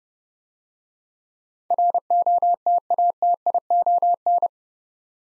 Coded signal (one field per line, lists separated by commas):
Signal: Morse code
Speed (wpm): 30 wpm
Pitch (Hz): 700 Hz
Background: none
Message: ROTATION